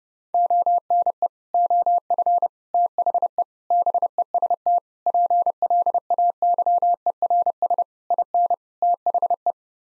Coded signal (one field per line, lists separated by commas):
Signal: Morse code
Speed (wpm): 29 wpm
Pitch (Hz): 700 Hz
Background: none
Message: ONE OF THE BEST PLAYERS IN THE